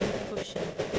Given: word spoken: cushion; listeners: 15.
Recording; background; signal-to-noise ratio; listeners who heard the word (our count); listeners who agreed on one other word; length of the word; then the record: one English word in noise, from a listening test; noise modulated by three-talker babble; -6.9 dB; 3 of 15; 8 of 15; 0.59 s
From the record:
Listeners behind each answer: 8, 3, 2, 1, 1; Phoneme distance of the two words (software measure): 27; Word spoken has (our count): 2 syllables, 4 phonemes, stress on syllable 1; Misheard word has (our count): 2 syllables, 5 phonemes, stress on syllable 1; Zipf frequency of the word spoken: 4.25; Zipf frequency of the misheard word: 4.58